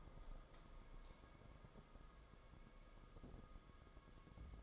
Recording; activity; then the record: daily activity, microphone in the room; light on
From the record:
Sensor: 5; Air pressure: 994.5 hPa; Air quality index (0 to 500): 192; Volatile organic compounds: 1000 ppm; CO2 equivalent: 5644 ppm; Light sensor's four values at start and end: 25/63/26/30 and 26/68/28/32